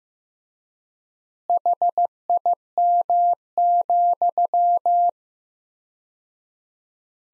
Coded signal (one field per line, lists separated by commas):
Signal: Morse code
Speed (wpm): 15 wpm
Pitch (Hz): 700 Hz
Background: none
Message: HIM,